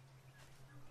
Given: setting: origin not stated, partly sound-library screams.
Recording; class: one-second piece from a danger detection set; normal situation